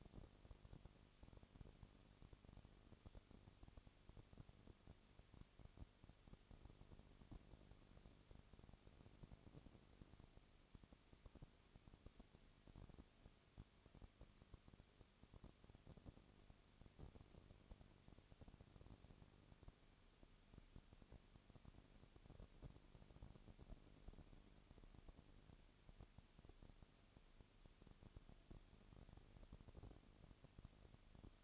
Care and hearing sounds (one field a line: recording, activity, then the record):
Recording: daily activity, microphone in the room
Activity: no activity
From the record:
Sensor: 4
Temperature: 22.3 degrees Celsius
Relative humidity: 32.7%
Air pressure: 1001.9 hPa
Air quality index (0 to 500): 186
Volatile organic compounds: 4 ppm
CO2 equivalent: 1639 ppm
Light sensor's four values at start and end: 2/3/1/1 and 2/3/1/1